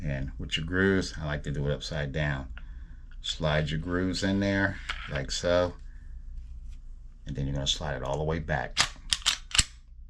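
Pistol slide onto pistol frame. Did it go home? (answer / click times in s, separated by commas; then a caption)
yes / 9.1 s, 9.3 s. During pistol reassembly, a pistol slide is run upside down onto the frame rails and pushed all the way back while someone talks. Two sharp metallic clicks at 9.1 s and 9.3 s mark the slide locking in place on the frame.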